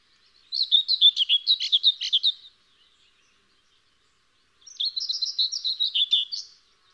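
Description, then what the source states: Common whitethroat song: two short scratchy, chattering phrases of rapid warbled notes about two seconds long, separated by a pause of roughly two seconds, otherwise quiet. Variant form.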